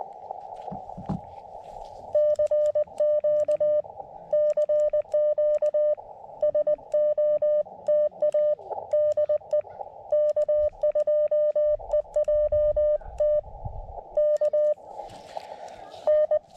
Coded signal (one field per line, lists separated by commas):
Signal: Morse code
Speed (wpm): 20 wpm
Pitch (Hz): 600 Hz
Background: none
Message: CQ CQ SOTA DE K2EJT K N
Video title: My very first SOTA activation (and a POTA activation too)!